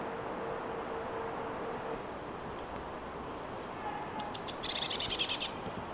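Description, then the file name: Eurasian blue tit calling: a few very high thin notes running straight into a rapid buzzy churring trill, after a low droning hum fades out early. "Cyanistes caeruleus"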